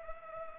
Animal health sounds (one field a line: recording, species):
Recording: mosquito wingbeat signal from an infrared sensor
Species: Culex pipiens